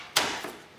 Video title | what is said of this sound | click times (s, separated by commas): Rite-Cell Foundation and Installation in Wedge Top Frames | and it just snaps right into the groove. | 0.2 s